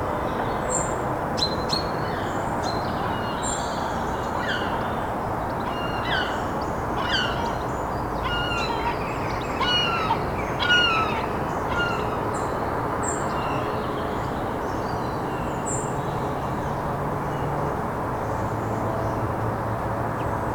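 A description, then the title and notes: Birds sing in a garden in the early morning, heard through an opened window: many short, bright chirps and trills scattered throughout, busiest in the first half. Beneath them runs a steady, dense rumble of traffic and terminal noise, with a low hum entering near the end. Morning birds and traffic noise — Isle of Man. The Isle of Man, Douglas, BNB, early morning through the opened window with the Sea Terminal noise, quite a bit of background traffic and lots of singing birds in the garden.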